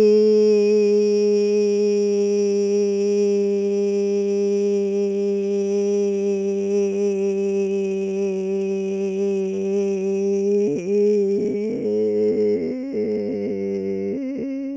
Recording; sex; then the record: sustained vowel /i/; female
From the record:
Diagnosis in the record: Parkinson's disease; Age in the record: 65 years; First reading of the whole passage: 242 s, 2.1 characters per second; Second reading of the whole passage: 180 s, 2.9 characters per second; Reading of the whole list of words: 168 s, 1.7 characters per second